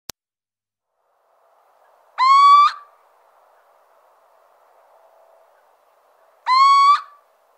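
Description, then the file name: Little owl calling: two drawn-out, slightly rising mewing hoots, each about half a second, spaced roughly four seconds apart, with faint hiss between them. "Cheveche-d Athena"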